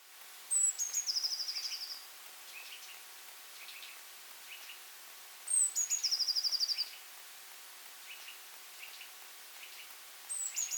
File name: Cyanistes caeruleus